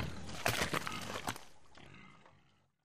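Pig grunts and squeals: a harsh, noisy burst of several loud grunting squeals in the first second and a half, trailing off into quieter rough sounds and fading out.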